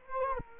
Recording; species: mosquito wingbeat signal from an infrared sensor; Culex quinquefasciatus